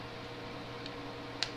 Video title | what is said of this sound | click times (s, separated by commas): iPhone Error 28 Fix Part 2 of 2 | There you go. Okay, so I just basically put my iPhone upside down, and I was able to maneuver, and actually heard it snap in, so I was able to get number 7 back in. | 1.4 s